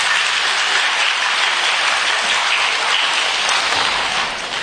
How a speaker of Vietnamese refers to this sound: Rồi quý vị cho một tràng pháo tay đi.